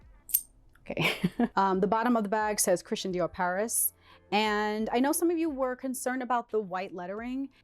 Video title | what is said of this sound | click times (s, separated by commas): DIOR VIBE HOBO BAG REVIEW! WHAT FITS IN MY NEW CHRISTIAN DIOR BAG | this has a very satisfying click when you close it up here | 0.4 s